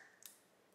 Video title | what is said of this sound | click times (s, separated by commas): LASH TECH VLOG - LASHING RACHEL + AMAZON UNBOXING + BTS + BAPTISM | boom and it's locked in place so you can't even you can't take it off so | 0.3 s